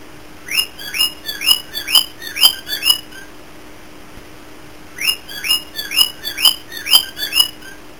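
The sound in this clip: Cockatiel calling in bright, rising-then-falling whistled chirps: a run of about six, a pause of two seconds, then another run of six.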